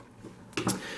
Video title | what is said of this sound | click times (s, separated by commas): CRKT Minimalist Bowie Alan Folts designed neck knife | uh just right for this particular knife and nice snap as it comes out | 0.5 s, 0.6 s